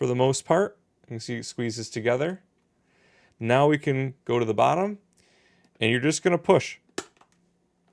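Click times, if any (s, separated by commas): 7.0 s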